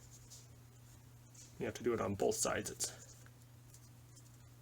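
Someone talks while handling the plastic back cover of an LG-128 smartwatch, pressing it back onto the watch body over the battery and SIM/microSD slots by pushing down on both sides so it clicks in. Over a steady low hum, only faint light handling sounds follow the talking. Nothing has seated or clicked yet.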